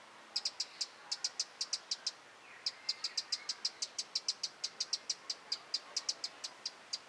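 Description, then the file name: Eurasian wren uttering hard clicking tick notes in steady bursts of several per second, with a short pause and faint bird notes behind. "Troglodytes troglodytes"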